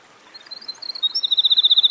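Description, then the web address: Winter wren song: thin, high notes speeding into a rapid, bright trill that grows louder toward the end. Recorded by a stream. "Dan Gibson Songbirds By The Stream. Winter Wren"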